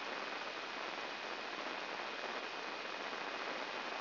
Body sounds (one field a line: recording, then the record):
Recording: brain microelectrode recording played as sound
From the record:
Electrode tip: inside the subthalamic nucleus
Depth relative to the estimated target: -2 mm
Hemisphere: left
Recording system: AlphaMap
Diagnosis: Parkinson's disease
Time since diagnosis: 11 years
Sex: female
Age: 62 years